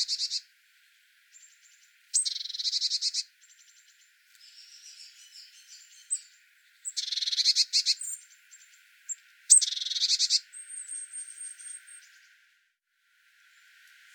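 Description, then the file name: Eurasian blue tit scolding calls: buzzy, rapid churring bursts alternating with thin high notes and softer chatter, repeated several times throughout. "Cyanistes caeruleus"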